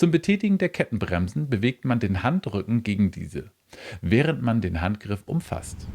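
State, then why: Not seated. Someone talks while handling the plastic chain brake lever of an Einhell GH-EC 2040 electric chainsaw, using the back of the hand to push the lever and activate the brake. Only speech is heard, and the clip ends before the brake clicks into its engaged position, so nothing has clicked yet.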